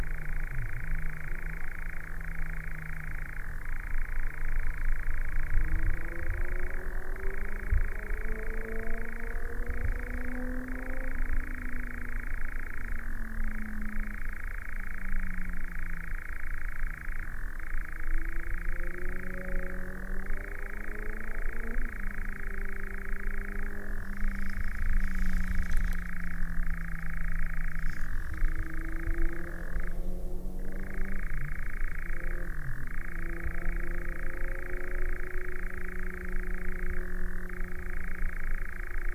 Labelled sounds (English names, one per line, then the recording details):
Eurasian Nightjar
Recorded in the wild
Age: adult
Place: Schönow, Naturpark Barnim, Brandenburg, DE
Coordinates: 52.6897, 13.5131
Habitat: heathland
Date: 2007-07-08 22:45
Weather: heiter, 13°C, fast windstill
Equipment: Sound Devices 702, Sennheiser MKH 416 T, Windkorb
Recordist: Frommolt, Karl-Heinz